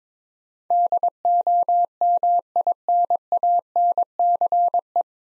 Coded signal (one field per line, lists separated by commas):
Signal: Morse code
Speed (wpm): 22 wpm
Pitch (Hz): 700 Hz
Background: none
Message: DOMINANCE